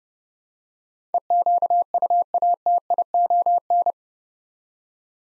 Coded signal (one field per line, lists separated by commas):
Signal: Morse code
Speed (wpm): 28 wpm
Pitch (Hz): 700 Hz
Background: none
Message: EQUATION